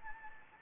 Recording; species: mosquito wingbeat signal from an infrared sensor; Anopheles gambiae